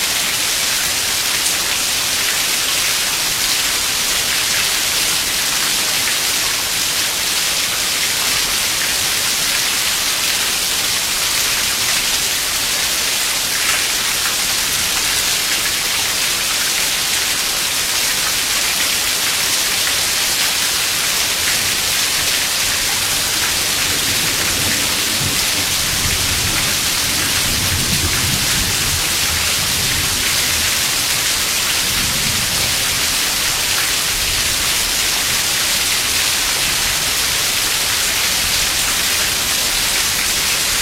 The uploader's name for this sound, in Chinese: 屋檐下录下的下雨声